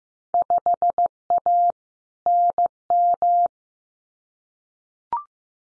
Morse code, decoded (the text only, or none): 5A NM